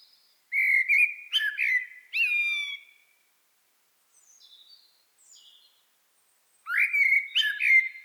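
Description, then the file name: Common blackbird song: mellow whistled phrases with squeaky high twittering tails, two bursts separated by a pause holding faint thin high notes. "Turdus merula"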